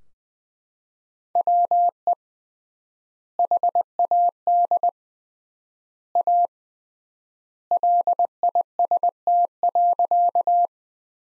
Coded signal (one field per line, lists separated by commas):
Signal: Morse code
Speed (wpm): 20 wpm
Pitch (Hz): 700 Hz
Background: none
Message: WE HAD A LIST.